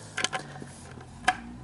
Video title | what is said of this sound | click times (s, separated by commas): ma NES CLASSIC EDITION branchement , les jeux et le test (Partie 2) | que vous entendez un tic tac ce n'est pas que s'est brisée c'est que c'est parfaitement bien rentrer et | 1.3 s